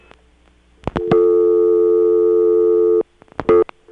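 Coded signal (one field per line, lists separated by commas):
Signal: telephone call progress tone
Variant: North America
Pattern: dial tone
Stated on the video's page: Call progress tones from Siemens motor switching exchanges, a European system, in Florida's telephone network in 1978.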